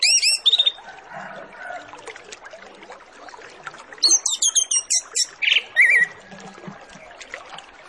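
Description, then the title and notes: Orange-headed Thrush song: opening high whistled notes, a pause of hiss, then a quick series of sharp chirps and warbled phrases. Full-fill master song used as a lure to prompt thrushes to sing quickly and openly. "Masteran Anis Kembang Full Isian Untuk Suara Pancingan Anis Kembang Agar Cepat Ngeplong. Suara Burung Anis Kembang"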